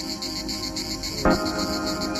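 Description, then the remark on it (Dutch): Crickets chirp steadily at night in a village, a dense, high-pitched trill pulsing without pause, broken once by a short low thump partway through. “Het is donker als we terug zijn in Sanne's dorp. De krekels laten van zich horen.”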